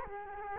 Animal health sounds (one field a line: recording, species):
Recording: mosquito wingbeat signal from an infrared sensor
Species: Culex quinquefasciatus